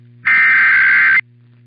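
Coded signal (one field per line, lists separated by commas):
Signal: Emergency Alert System (SAME) tones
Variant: header bursts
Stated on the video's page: Monthly tests and a NOAA Weather Radio weekly test.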